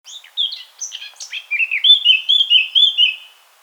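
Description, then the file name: Eurasian blackcap song: a scratchy, hurried chatter that breaks into a loud, clear, fluty warble, ending in rich whistled notes. "Sylvia atricapilla"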